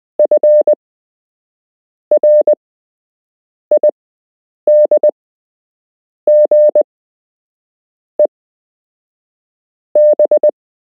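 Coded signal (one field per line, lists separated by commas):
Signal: Morse code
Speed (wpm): 20 wpm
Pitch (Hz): 600 Hz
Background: none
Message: F R ID G E B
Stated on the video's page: Beginner Morse code lesson with real Morse code to learn.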